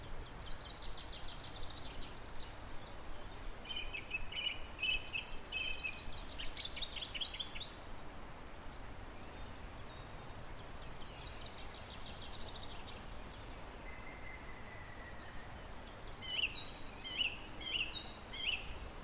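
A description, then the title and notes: A swollen stream rushes steadily beneath bird calls in a Welsh rainforest. Bursts of bright, chirping song come around 3–7 seconds and again near 12 seconds, and a run of four sharp, evenly spaced notes repeats from about 16 seconds to the end. Soothing sounds of spring stir in a Welsh rainforest. You're among the moss and ferns of a Welsh rainforest in early spring. A song thrush's voice rings out from the top of an oak tree while coal tits mutter and a green woodpecker yaffles. Recorded by Fergus Collins.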